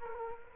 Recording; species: mosquito wingbeat signal from an infrared sensor; Culex quinquefasciatus